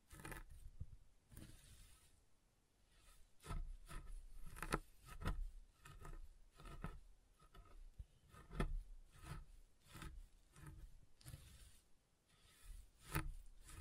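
Soap is tapped and carved in a fast, irregular run of sharp clicks and knocks, with rough scraping strokes between them. Louder hits land about once or twice a second, some with a low thud, and the strokes have a dry, rasping edge.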